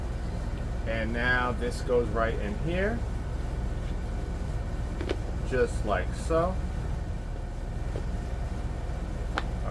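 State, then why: Seated. Someone talks while a plastic inner pot and reservoir insert of a self-watering planter is pushed into its outer plastic pot over a steady low background hum. A couple of faint ticks come at 5.0 and 5.1 s, then a sharp, very short snap at 9.4 s as the insert seats into place.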